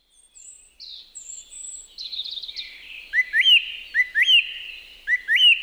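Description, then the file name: Song thrush song: after a few thin, high notes, a hooked, upward-flicking phrase is repeated three times about a second apart. "laulurastas"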